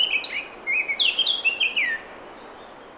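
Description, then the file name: Eurasian blackcap singing a short warbled phrase of sliding, fluty notes, rising and falling, lasting about two seconds before silence. "Sylvia atricapilla"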